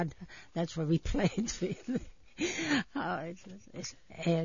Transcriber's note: she laughs